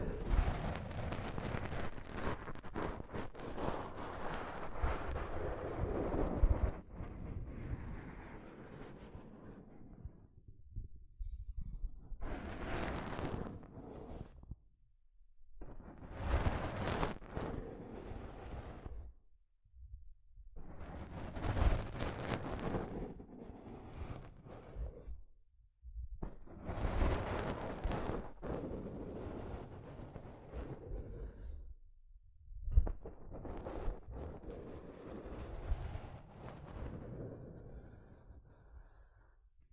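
Soft fabric brushes over a microphone in a dense, rumbling rustle, heavy in the lows. After the first ten seconds it turns into separate strokes, each lasting a couple of seconds with brief near-silent gaps, about six of them, the brightest with a crisp hiss.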